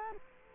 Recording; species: mosquito wingbeat signal from an infrared sensor; Culex quinquefasciatus